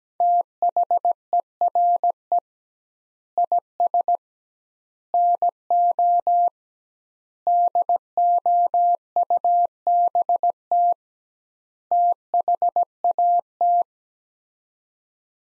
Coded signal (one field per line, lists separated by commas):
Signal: Morse code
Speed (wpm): 17 wpm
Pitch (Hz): 700 Hz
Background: none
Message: THERE IS NO DOUBT THAT